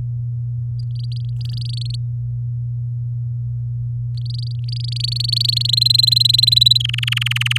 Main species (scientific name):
Serinus canaria